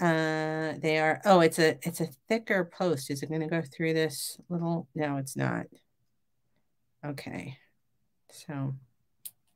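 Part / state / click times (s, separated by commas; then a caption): earring post closing into its hinged clasp / seated / 9.3 s. Someone talks while closing the hinged clasp on a pair of sterling silver infinity CZ earrings, after finding the thicker post will not pass through. A single sharp tick is heard at 9.3 s as the earring post clicks shut into its clasp and seats.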